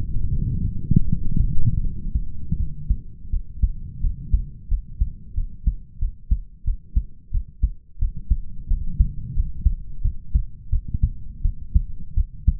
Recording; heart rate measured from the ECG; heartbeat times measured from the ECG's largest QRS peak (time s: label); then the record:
heart sounds by stethoscope; 86 bpm
0.29 s: heartbeat
1.04 s: heartbeat
1.81 s: heartbeat
2.56 s: heartbeat
3.29 s: heartbeat
4.00 s: heartbeat
4.68 s: heartbeat
5.34 s: heartbeat
5.98 s: heartbeat
6.64 s: heartbeat
7.30 s: heartbeat
7.98 s: heartbeat
8.67 s: heartbeat
9.33 s: heartbeat
10.01 s: heartbeat
10.69 s: heartbeat
11.41 s: heartbeat
12.14 s: heartbeat
From the record:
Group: healthy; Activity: cold pressor test 0-6 s, rest 6-13 s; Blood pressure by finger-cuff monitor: 89/69 mmHg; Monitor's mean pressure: 78 mmHg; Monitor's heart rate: 87 bpm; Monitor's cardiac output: 5.9 L/min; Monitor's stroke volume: 67 mL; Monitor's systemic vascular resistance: 930 dyn s/cm5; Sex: male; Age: 20 years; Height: 187 cm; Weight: 68.9 kg